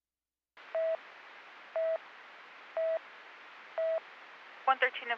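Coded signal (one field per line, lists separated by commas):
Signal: none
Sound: police radio channel beeps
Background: speech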